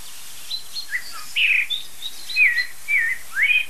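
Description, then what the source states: Common chaffinch giving a series of sharp, high call notes over quiet background hiss. Agitated chaffinch giving 'pink-pink' calls, described as mild agitation; cause possibly a young jay with adults passing near the nest.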